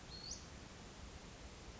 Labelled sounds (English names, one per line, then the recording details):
Western Flycatcher
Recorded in Sonoma County, California